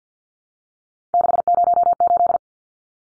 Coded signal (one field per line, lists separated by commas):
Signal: Morse code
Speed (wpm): 50 wpm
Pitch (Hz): 700 Hz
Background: none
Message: 608